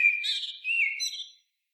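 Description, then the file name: Common blackbird song phrase, a warbled whistle ending in thinner, higher twittering. "Turdus merula"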